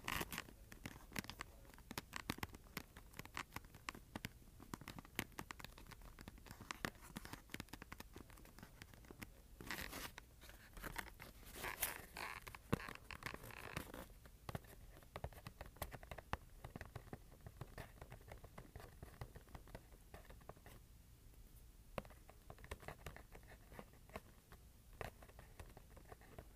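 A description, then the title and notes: Scratching and tapping on cardboard, a dense run of dry, papery scrapes and quick taps that continues without pause for the whole clip. Louder, rougher bursts of scratching stand out around ten and twelve seconds, and the texture stays crisp and bright throughout. ASMR Scratching and Tapping Cardboard.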